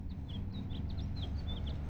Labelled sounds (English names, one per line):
House Finch song